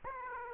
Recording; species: mosquito wingbeat signal from an infrared sensor; Aedes aegypti